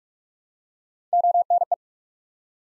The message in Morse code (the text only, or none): ONE